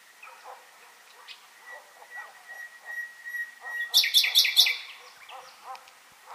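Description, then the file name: Common nightingale song: soft clicks and a long, steady whistled note, then a loud phrase of a few repeated ringing notes. "Luscinia megarhynchos"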